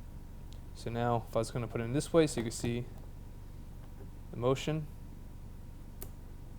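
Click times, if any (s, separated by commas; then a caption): 6.0 s. A lens is mounted onto a camera mount again to show the motion while someone talks. After a quiet pause, a sharp click at 6.0 s marks the lens seating into place on the mount.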